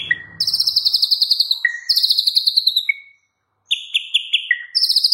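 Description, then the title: White-rumped shama song: high buzzy trilled phrases alternating with short sharp whistled notes, briefly broken by a silent pause before the trilling resumes. Training (masteran) white-rumped shama song in the full 'ngerol' rolling style with 'nembak' sharp shooting notes. "Masteran Murai Batu Full Ngerol Nembak"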